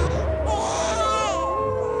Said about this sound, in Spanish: ¡Sigan el rastro del llanto de mi hijo! ¡Se escucha muy cerca!